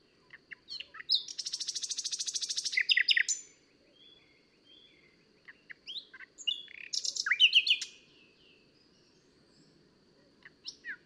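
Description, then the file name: Common nightingale song: a harsh, buzzy, fast-pulsed trill lasting about two seconds, then a pause and a varied phrase of sharp chirps and whistled notes. "Luscinia megarhynchos"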